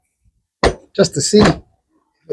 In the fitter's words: All right, I'm going to lock the seat down